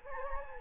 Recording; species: mosquito wingbeat signal from an infrared sensor; Anopheles gambiae